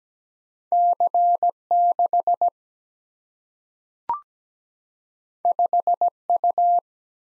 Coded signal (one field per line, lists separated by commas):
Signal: Morse code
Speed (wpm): 17 wpm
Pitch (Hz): 700 Hz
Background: none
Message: C 6 5 U